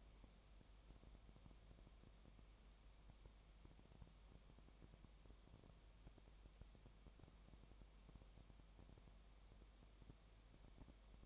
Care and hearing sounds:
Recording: daily activity, microphone in the room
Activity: no activity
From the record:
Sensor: 1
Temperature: 19.7 degrees Celsius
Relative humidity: 37.0%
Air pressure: 1007.2 hPa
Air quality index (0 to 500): 143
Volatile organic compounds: 5 ppm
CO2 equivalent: 1748 ppm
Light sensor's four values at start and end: 1/2/1/1 and 1/2/1/1

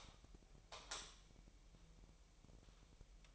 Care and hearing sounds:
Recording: daily activity, microphone in the room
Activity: light on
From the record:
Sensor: 1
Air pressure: 1001.9 hPa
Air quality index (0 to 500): 247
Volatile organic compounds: 50 ppm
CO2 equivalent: 3302 ppm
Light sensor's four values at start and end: 5/11/4/5 and 9/27/10/12

